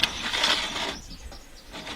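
Someone handles the aluminium telescopic ladder of an Ironman4x4 rooftop tent, extending its sections toward the locked position. A brief sharp tick at the very start gives way to about a second of bright sliding, rattling noise, which fades to quieter, scattered handling sounds. Nothing has locked in place yet.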